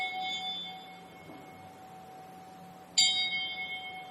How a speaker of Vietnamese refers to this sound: Ban trung cổ trỗi ba hồi chuông trống bát nhã để cung thỉnh hòa thượng hồi quy phương trượng.